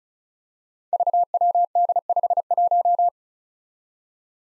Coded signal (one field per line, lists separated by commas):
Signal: Morse code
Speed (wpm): 36 wpm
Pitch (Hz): 700 Hz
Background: none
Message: VWD51